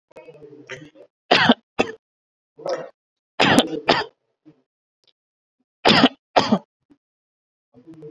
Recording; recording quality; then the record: heavy voluntary cough; excellent, no background noise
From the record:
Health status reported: COVID-19 positive, mild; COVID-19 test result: positive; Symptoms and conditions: breathing difficulty, fever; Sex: male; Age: 38 years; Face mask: worn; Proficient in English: yes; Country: India